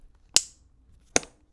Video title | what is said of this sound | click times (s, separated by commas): MyPowerslide Custom Hardcore Evo: 2021 | same nice click these feel like they're made from the same material | 0.4 s, 1.2 s